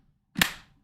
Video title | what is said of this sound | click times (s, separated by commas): Friday Features onAmazon Live Hosted by James with Giveaway | it locks in place the moment it's locked it's an airtight seal and works well | 0.4 s